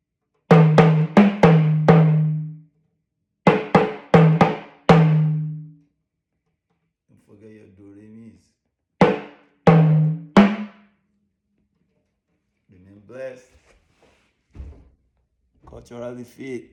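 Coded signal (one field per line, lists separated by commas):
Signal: talking drum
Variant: Yoruba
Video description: Playing "Dede igi ni nso owo ọtọ ni t'obi ọtọ ni tirẹ" with the Yoruba Orunsha Sakara talking drum by Jammal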